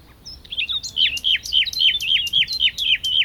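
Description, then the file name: Common nightingale repeating a sharp downslurred whistled note about every quarter second in an even, rapid series. "Luscinia megarhynchos"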